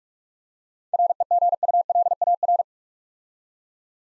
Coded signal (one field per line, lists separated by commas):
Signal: Morse code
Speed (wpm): 44 wpm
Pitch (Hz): 700 Hz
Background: none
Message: REGULAR